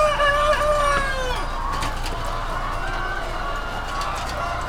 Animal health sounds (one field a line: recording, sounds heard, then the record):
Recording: poultry house recording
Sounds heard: healthy chickens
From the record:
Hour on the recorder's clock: 20